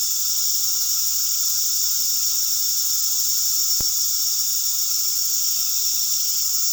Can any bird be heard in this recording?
no